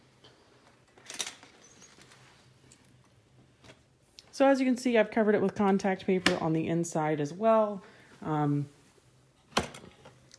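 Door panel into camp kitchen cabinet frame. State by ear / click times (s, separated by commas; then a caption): seated / 9.6 s. A door panel on a folding camp kitchen cabinet is swung shut into its frame, giving a few light knocks near 1.2 s before someone talks. A sharp knock at 9.6 s marks the door locking into place, with a faint tap after.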